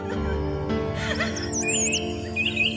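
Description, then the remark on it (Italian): A small bird chirps and two mice squeak in quick, high, warbling bursts that rise and fall, layered over a steady sustained musical tone, as the mice and bird befriend Cinderella in a fairy tale. “Due topi e un uccellino decisero di fare amicizia con lei.”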